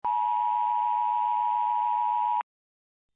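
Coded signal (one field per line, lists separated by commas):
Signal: Emergency Alert System (SAME) tones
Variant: 853 and 960 Hz attention tone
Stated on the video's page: Simulated EAS mock of a 2002 DASDEC alert, voiced with text-to-speech voices in Balabolka.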